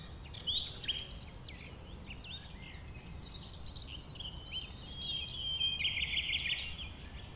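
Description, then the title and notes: Common nightingale song: varied whistled and buzzy phrases with fast trills, over a low, steady rumble. A nightingale, one of a few settled on the banks of a stream forming a pond 1500 m from the A20; recorded around 8 am on Sunday 12 April. "Un Rossignol Envers Et Contre Tout. un rossignol venu avec quelques autres s'installer sur les rives d'un ruisseau formant un étang à 1500 mètres de l'A 20. Ces moments ont été enregistrés vers 8h le dimanche 12 avril"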